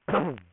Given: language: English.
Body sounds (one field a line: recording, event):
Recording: throat vibration sensor signal played as sound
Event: throat clearing